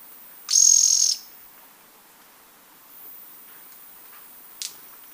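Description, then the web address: Bronze-olive pygmy-tyrant uttering a single high, harsh buzzy trill of about half a second, followed by quiet and one faint sharp tick. Ecuador. "Birds of Ecuador. Bronze-olive Pygmy-Tyrant"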